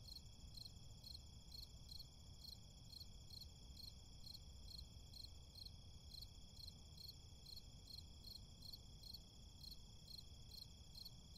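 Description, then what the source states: Crickets chirping in a steady, regular pulsing chorus of high notes over a constant low rumble of background noise. Crickets recorded in a city.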